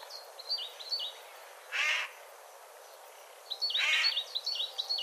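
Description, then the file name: Eurasian jay giving two harsh, rasping screeches a couple of seconds apart, with thin high chirps from small birds around them. "Garrulus glandarius"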